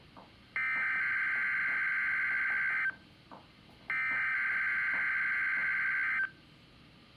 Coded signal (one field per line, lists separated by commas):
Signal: Emergency Alert System (SAME) tones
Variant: header bursts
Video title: AT THE WORKPLACE- MPX Required Weekly Test on July 21, 2021 (EAS #94)